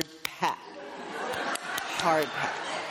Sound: audience laughing